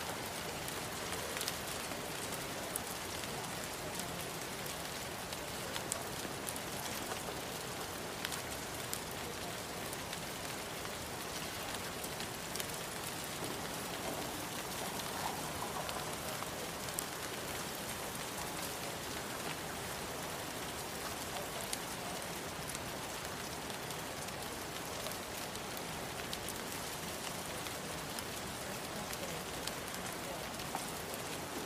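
Rain falls steadily and densely, an even hiss spread from low rumble to bright crackle with no letup across the whole stretch. Tiny patters and taps flicker through it constantly, while a faint murmur and traffic hum sit underneath.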